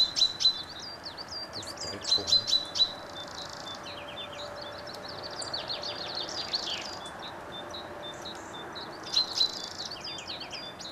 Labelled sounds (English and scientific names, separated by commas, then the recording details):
Common Chaffinch (Fringilla coelebs) call
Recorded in the wild
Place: Gryon, Kanton Waadt, CH
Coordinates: 47.2742, 7.06417
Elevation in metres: 1125
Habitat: mountains
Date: 1986-03-20
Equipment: Uher 4000 Report, Sennheiser MKH 815 T
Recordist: Tretzel, Erwin